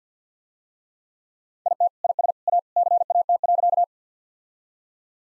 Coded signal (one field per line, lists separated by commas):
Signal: Morse code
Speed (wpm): 46 wpm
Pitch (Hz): 700 Hz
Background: none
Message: IT IS A CAT.